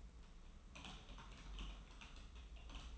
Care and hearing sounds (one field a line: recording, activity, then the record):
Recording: daily activity, microphone in the room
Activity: typing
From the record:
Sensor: 1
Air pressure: 994.4 hPa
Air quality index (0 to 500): 220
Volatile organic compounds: 1000 ppm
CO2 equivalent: 7869 ppm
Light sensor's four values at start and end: 56/125/56/59 and 56/125/56/59